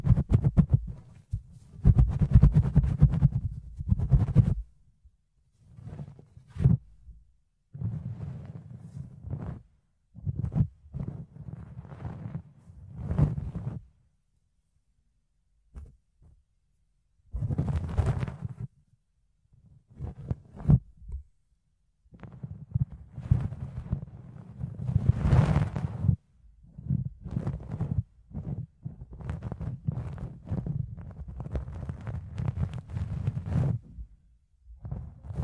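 Fluffy ear cleaning with soft, muffled rubbing bursts, low and thumping, coming in irregular clusters with brief silent gaps and occasional brighter scratches.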